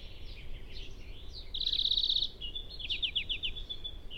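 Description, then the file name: European greenfinch with a fast, dry rattling trill followed by a row of sliding chirped notes, over soft background twittering. "Chloris chloris"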